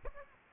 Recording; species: mosquito wingbeat signal from an infrared sensor; Aedes aegypti